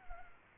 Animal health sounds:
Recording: mosquito wingbeat signal from an infrared sensor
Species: Culex pipiens

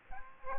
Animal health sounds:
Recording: mosquito wingbeat signal from an infrared sensor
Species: Aedes aegypti

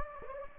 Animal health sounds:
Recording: mosquito wingbeat signal from an infrared sensor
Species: Anopheles gambiae

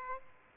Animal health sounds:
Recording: mosquito wingbeat signal from an infrared sensor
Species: Aedes aegypti

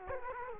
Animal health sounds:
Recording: mosquito wingbeat signal from an infrared sensor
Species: Culex quinquefasciatus

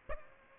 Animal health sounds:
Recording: mosquito wingbeat signal from an infrared sensor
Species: Aedes aegypti

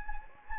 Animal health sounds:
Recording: mosquito wingbeat signal from an infrared sensor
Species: Anopheles gambiae

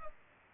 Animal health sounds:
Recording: mosquito wingbeat signal from an infrared sensor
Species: Culex pipiens

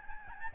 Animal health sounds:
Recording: mosquito wingbeat signal from an infrared sensor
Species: Aedes albopictus

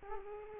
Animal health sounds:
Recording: mosquito wingbeat signal from an infrared sensor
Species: Culex quinquefasciatus

